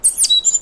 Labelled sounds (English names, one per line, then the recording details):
Stitchbird song
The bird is a male
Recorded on Tiritiri Matangi Island, New Zealand, in 2005
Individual 9, of nest box 11